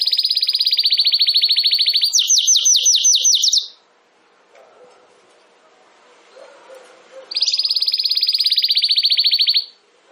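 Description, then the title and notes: Domestic canary song with a fast even trill, a slower higher trill, several seconds of near silence, then another fast trill. Belgian canary (Campainha) singing. "Canário Belga Campainha Canary Singing. Canario Belga Cantando"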